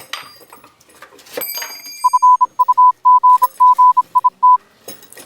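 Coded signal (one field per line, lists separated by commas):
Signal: Morse code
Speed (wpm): 26 wpm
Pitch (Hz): 1000 Hz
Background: none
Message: FUGGIT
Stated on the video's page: Generated by a Morse code generator.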